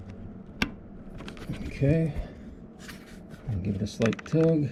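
A new spark plug wire boot on a Chevy Silverado is pushed down onto its ignition terminal and gives one sharp click at 0.6 s, showing it has seated. Someone talks throughout, and the wire is then given a light tug to check it.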